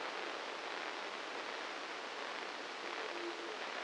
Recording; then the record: brain microelectrode recording played as sound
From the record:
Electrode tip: inside the subthalamic nucleus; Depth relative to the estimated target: 1 mm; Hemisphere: left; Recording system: NeuroSet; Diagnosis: Parkinson's disease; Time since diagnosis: 9 years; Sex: male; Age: 56 years